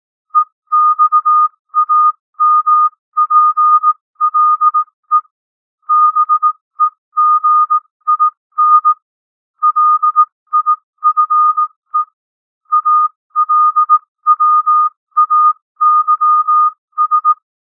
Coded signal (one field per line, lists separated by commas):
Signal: Morse code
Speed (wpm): 18 wpm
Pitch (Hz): 1230 Hz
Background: music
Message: EXAMPLE BEGIN LIFE ALWAYS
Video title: Improve Your Morse Code 15-18 WPM - 18-18 WPM